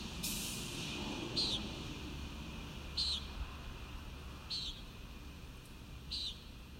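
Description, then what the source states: Common nighthawk giving short, nasal, buzzy high notes that slur downward, repeated about every one and a half seconds over a steady low rumble of background noise. Recorded at Kissimmee on 1 May 2019; described as a noisy recording.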